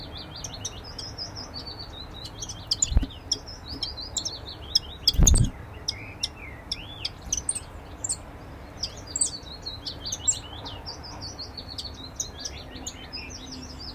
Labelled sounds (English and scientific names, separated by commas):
Common Chiffchaff (Phylloscopus collybita)